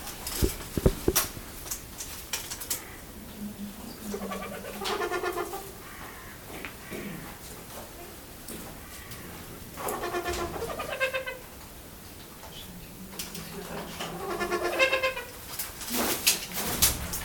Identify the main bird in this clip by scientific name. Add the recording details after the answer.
Bycanistes bucinator. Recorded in captivity. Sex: pair. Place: Zoo Berlin, Berlin, DE. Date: 1996-01-21 13:39. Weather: heiter, -7°C. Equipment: Sony MD-WM MZ-R3, Sennheiser ME 80, Kopie Uher 4000 Report Monitor. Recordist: Tembrock, Günter